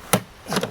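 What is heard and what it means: The plastic battery release latch on a Kobalt 40V cordless lawn mower is pressed hard until it snaps open at 0.1 s so the battery pack can be pulled out. The latch feels like it will break but does not. A sharp snap is followed by a softer, longer rustle with a small tap near the end, and the latch is released.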